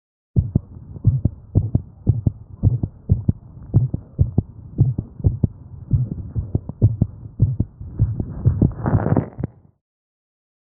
They are soft, usually grade 2 or less, and generally of short duration. The first and second heart sounds are normal, and there are no abnormal transient heart sounds present, such as ejection or gallop sounds. Actual recording of an innocent murmur from a puppy.